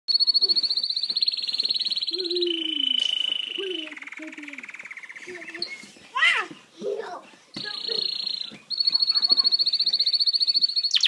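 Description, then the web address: Canary song made of sustained high buzzy trills that step down in pitch, broken by lower sliding notes, then returning to the high trill. "Bird Songs Canary Canary-Guitar"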